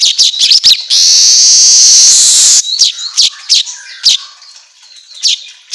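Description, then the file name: Asian golden weaver song with quick sharp chips, a long sizzling buzz, then spaced scratchy notes. Auto gacor recording for training songbirds. "Suara Kicau Manyar Kepala Emas Auto Gacor"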